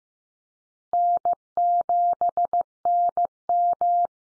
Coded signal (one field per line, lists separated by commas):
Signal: Morse code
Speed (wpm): 15 wpm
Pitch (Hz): 700 Hz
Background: none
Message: N7NM